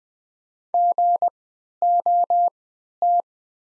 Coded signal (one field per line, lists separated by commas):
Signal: Morse code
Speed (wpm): 20 wpm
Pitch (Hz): 700 Hz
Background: none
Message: GOT